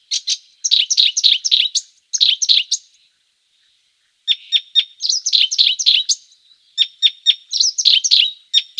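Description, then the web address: Icterine warbler delivering bursts of harsh, rapid chattering and squeaky notes in dense phrases lasting under one to over two seconds, separated by pauses. "Schulze Peter Icterine Warbler song"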